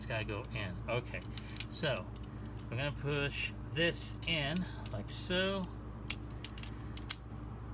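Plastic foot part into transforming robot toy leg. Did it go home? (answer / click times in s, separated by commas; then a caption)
yes / 7.1 s. Someone talks while pushing the plastic foot part into the leg of a KuBianBao Deformation Series KO Black Convoy/Nemesis Prime transforming robot toy during transformation. A few small plastic clicks follow, ending in a sharp snap at 7.1 s as the foot seats in place.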